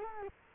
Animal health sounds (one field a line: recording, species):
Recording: mosquito wingbeat signal from an infrared sensor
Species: Culex quinquefasciatus